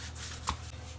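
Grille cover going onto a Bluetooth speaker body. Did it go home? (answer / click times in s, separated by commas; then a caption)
yes / 0.5 s. The grille cover of a BenQ treVolo U Dialog Bluetooth speaker is pressed back onto the speaker body, giving a single short, sharp snap at 0.5 s over a low steady hum. The grille seats and is back on.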